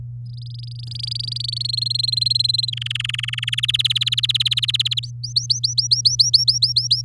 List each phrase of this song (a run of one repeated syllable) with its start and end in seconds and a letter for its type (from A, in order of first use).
0.26-1.63 A, 1.64-2.70 B, 2.72-3.55 C, 3.57-5.00 D, 5.03-7.01 E